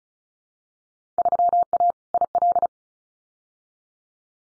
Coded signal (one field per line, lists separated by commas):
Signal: Morse code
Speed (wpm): 34 wpm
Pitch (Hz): 700 Hz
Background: none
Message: 3A IL